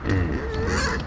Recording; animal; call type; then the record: contact call of a hoofed animal; wild boar; grunt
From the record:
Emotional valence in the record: negative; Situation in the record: naturally occurring agonistic interactions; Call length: 1.07 s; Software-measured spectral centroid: 2420 Hz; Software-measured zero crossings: 1680 a second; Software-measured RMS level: -24 dBFS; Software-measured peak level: -11 dBFS